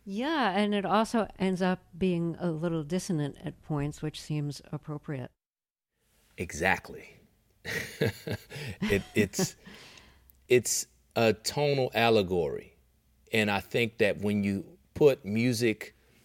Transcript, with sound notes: Yeah, and it also ends up being a little dissonant at points, which seems appropriate.
Exactly. (LAUGHTER) It's a tonal allegory, and I think that when you put music